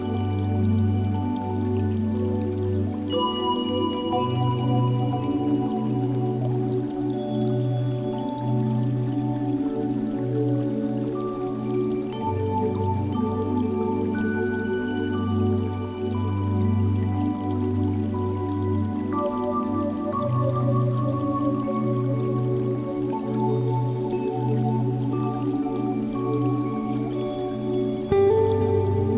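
Soft, steady music plays over a low sustained drone, with held bass notes that shift in place every few seconds. Gentle water sounds like dripping and a flowing stream run underneath at a constant, even level. Bright, light tones scatter through the upper range.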